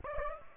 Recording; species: mosquito wingbeat signal from an infrared sensor; Aedes aegypti